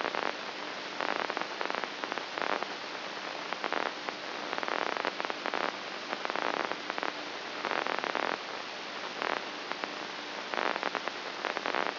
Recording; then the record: brain microelectrode recording played as sound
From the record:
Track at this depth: outside the subthalamic nucleus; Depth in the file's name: 1.539 mm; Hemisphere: left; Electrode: 2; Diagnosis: Parkinson's disease